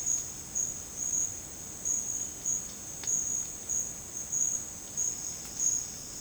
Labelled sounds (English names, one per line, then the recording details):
none
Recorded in dense forest near Puerto Asís, Putumayo, Colombia, on 8 March 2025 at 11:30
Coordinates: 0.486, -76.317
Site G053